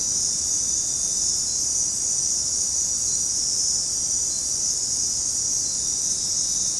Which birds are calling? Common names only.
none